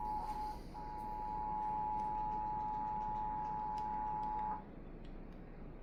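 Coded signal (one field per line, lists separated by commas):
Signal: Emergency Alert System (SAME) tones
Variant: 853 and 960 Hz attention tone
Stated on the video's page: Severe thunderstorm alert received on KUHF 88.7 FM, KACC 89.7 FM and KYAZ 51.1.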